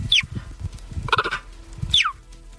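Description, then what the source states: Cheetah chirping: two high, bird-like chirps sliding steeply downward, nearly two seconds apart, with a lower note between them over low thumping background. Cheetahs are said to chirp.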